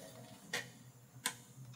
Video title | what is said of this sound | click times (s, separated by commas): JK Doors Leaking? I HAVE THE FIX! Replace your FLAWED FACTORY SEALS | can hear them click give them a tug to make sure they're seated and you're good to go | 0.5 s, 1.3 s